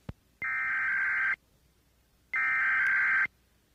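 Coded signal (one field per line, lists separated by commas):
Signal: Emergency Alert System (SAME) tones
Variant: header bursts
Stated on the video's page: Recreation of an EAS alert on FM station 97.5.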